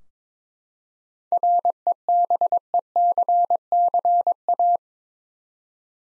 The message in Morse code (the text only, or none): REBECCA